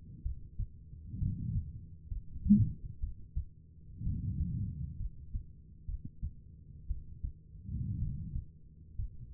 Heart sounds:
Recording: heart sounds by stethoscope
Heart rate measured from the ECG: 62 bpm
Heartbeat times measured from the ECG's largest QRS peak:
0.23 s: heartbeat
1.19 s: heartbeat
2.08 s: heartbeat
3.00 s: heartbeat
4.03 s: heartbeat
4.97 s: heartbeat
5.86 s: heartbeat
6.87 s: heartbeat
7.99 s: heartbeat
8.96 s: heartbeat
From the record:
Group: healthy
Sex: female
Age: 36 years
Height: 163 cm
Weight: 88 kg

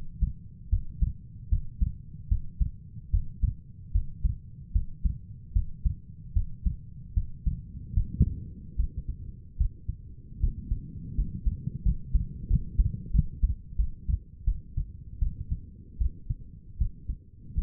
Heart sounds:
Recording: heart sounds by stethoscope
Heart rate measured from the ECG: 78 bpm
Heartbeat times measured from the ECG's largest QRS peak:
0.70 s: heartbeat
1.50 s: heartbeat
2.29 s: heartbeat
3.11 s: heartbeat
3.92 s: heartbeat
4.73 s: heartbeat
5.53 s: heartbeat
6.34 s: heartbeat
7.14 s: heartbeat
7.94 s: heartbeat
8.76 s: heartbeat
9.58 s: heartbeat
10.40 s: heartbeat
11.15 s: heartbeat
11.83 s: heartbeat
12.48 s: heartbeat
13.12 s: heartbeat
13.77 s: heartbeat
14.45 s: heartbeat
15.20 s: heartbeat
15.98 s: heartbeat
16.78 s: heartbeat
17.55 s: heartbeat
From the record:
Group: healthy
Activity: breath hold 0-10 s, rest 10-18 s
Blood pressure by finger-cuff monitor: 124/73 mmHg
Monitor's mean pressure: 91 mmHg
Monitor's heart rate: 75 bpm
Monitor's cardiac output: 6 L/min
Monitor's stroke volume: 80 mL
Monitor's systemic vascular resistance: 1070 dyn s/cm5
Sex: female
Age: 37 years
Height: 168 cm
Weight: 70 kg

